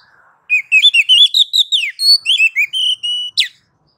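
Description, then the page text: Oriental magpie-robin producing a flowing series of clear whistles. Level held notes follow, then a single quick descending sweep at the end. Female calling a male; masteran tutor sound for training kept magpie-robins. "Kacer betina memanggil jantan. Suara Masteran Burung Kacer"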